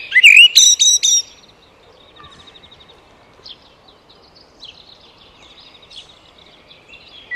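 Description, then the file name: Eurasian blackbird giving a brief mellow whistle followed by a few sharp high notes, then only faint chirps for several seconds. "Turdus merula"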